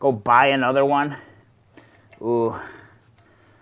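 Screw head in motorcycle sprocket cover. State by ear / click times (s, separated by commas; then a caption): stripped / 3.2 s. Someone talks while turning a screwdriver on a screw that holds the metal front sprocket/chain cover of a CL125 motorcycle. A short, faint tick at 3.2 s is the tool slipping in the screw head. The screws are stripped out.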